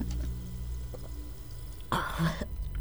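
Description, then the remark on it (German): A single quick, noisy gulp of strong hot coffee from a mug, drunk down in one go, a burst of wet slurping lasting about half a second over a steady low hum, with no talking. “So, hier, trinken Sie das am besten, ohne nachzudenken. Ex.”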